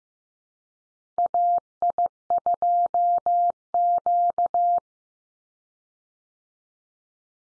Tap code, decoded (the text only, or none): none